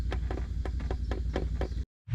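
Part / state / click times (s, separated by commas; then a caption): torque wrench on oil drain plug of UTV engine / not seated / none. A click-type torque wrench set to 22 lb tightens the oil drain plug on a Yamaha Rhino 700 UTV engine, making a series of short, sharp ratcheting strokes over a steady low hum, followed by a brief silence near 1.9 s before sound returns. The wrench has not given its torque click: tightening stops only because the plug feels tight, and the same wrench later fails to click on other bolts as well.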